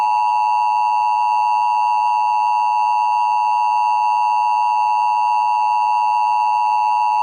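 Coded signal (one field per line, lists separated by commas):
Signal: Emergency Alert System (SAME) tones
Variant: 853 and 960 Hz attention tone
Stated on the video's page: Mock tornado warning EAS alert, a simulated recreation.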